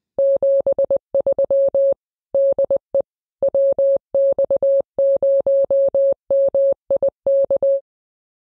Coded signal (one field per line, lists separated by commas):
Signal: Morse code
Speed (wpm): 20 wpm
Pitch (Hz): 550 Hz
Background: none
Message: 73 DE WX0MIK